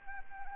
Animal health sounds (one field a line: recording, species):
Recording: mosquito wingbeat signal from an infrared sensor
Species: Anopheles arabiensis